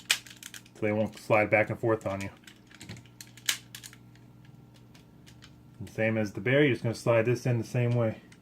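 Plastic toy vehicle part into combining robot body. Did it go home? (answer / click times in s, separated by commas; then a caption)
no / none. A plastic leg piece of a transforming toy robot is handled and slid toward its slot in the combining robot body, with light plastic taps and clicks around 0.1 s and 3.5 s, while someone talks. Nothing has seated or clicked into place yet.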